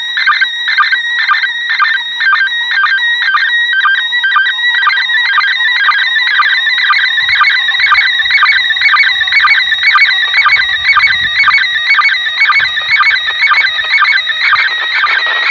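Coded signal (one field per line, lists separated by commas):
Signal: SSTV (slow-scan television)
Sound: continuous warbling, chirping tone with a steady rhythmic tick about twice a second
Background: radio static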